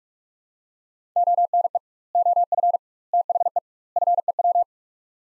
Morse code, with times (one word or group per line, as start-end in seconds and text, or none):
1.2-1.8 ONE
2.1-2.8 OF
3.1-3.6 THE
4.0-4.6 FEW